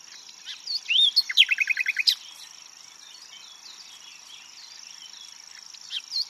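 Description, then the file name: Common nightingale song phrase: an upslurred whistle and then a quick series of repeated sharp notes lasting about a second, followed by quieter soft notes over a steady high hiss. "Luscinia megarhynchos"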